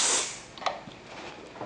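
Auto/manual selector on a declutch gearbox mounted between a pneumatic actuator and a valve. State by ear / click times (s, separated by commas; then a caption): seated / 0.6 s, 0.7 s. The auto/manual selector on a declutch gearbox, mounted between a pneumatic actuator and a valve, is lifted and moved to the auto position, opening with a burst of hiss that fades. Short metallic clicks at 0.6 s and 0.7 s mark the selector dropping into place, and it locks into the auto position.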